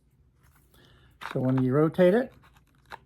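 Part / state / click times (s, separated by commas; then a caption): filter lock ring on shop vacuum filter cage / released / 2.9 s. Someone talks while the quick-release filter lock ring on the filter cage of a DeWalt 5.5 peak HP 10 gallon shop vacuum is rotated toward the unlock arrow. Faint handling rustles follow, then a small, sharp click at 2.9 s as the ring reaches the unlock position, releasing it.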